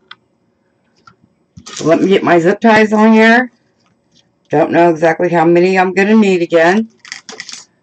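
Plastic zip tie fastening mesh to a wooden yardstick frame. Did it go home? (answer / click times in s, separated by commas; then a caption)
yes / 7.1 s, 7.3 s, 7.4 s, 7.5 s. Someone talks while fastening mesh petals to a painted wooden yardstick frame with plastic zip ties. A plastic zip tie is then pulled tight around the mesh, giving quick ratchet clicks at 7.1, 7.3, 7.4 and 7.5 seconds as it ratchets closed and seats.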